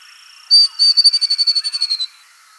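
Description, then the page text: Grey-throated babbler song: one sharp high introductory note, then a steady trill of rapid, evenly spaced high pulses that drops slightly in pitch. "Grey-Throated Babbler Song. Quick Sounds"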